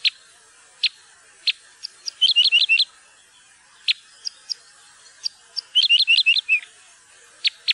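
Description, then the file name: Parrot crossbill calls: isolated loud chips alternating with two quick stuttering bursts of rapid high notes, the pattern repeating throughout. "furukorsnebb"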